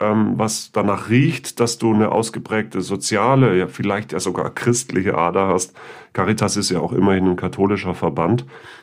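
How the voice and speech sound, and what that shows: An adult man speaks German fluently, asking an interview question in a steady conversational voice with few short pauses.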